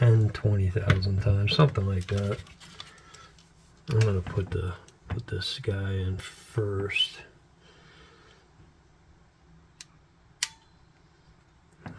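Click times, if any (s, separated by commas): 10.4 s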